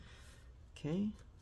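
A captive screw in the bottom cover of a Dell Inspiron 7000 7501 laptop is handled, being twisted backwards to line it up with the chassis thread before it is screwed down. Under a low steady background noise, someone talks briefly near the end. Nothing has clicked or seated yet.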